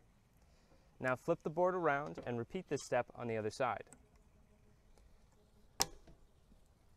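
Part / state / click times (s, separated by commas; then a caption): plastic locking plug into raised garden bed bracket and board / seated / 5.8 s. A flat plastic snap-lock plug is pressed by palm into the lined-up hole of a plastic stacking bracket slid over a composite raised garden bed board. Someone talks first, then after a quiet pause a single sharp click is heard at 5.8 s as the plug seats in the bracket.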